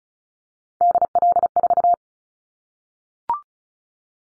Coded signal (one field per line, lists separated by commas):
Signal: Morse code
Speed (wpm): 34 wpm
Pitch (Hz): 700 Hz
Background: none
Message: DL4